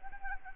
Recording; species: mosquito wingbeat signal from an infrared sensor; Anopheles arabiensis